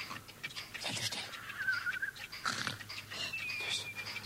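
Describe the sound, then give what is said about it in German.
Someone snores in a shop in slow, rasping breaths, two or three raspy pulls with a thin whistling tone between them, heard alone without any talking. “Ach Quatsch, Gespenster schnarchen doch nicht.”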